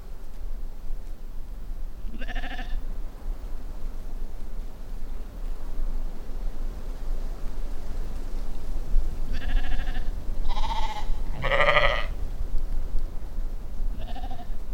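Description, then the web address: Sheep bleating: one bleat early, then a run of three quavering bleats later, and a final short bleat, over low rumble. "Scott Sherk Phonography Compendium 1 Scott Sherk - Sheep"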